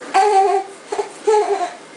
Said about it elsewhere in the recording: A burp means gas trapped in the top of the chest. And the reflex is for the diaphragm to contract and relax to get it out. That's what ends up pushing air and sound out in bursts to make the eh. You should burp that baby.